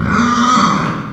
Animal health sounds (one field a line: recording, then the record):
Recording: squeal of a Yucatan mini pig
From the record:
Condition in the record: after surgery on the right vocal fold (resection and tissue-engineered implant)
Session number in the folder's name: 15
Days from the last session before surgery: 175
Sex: female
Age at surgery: 19 weeks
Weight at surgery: 25 kg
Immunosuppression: prednisolone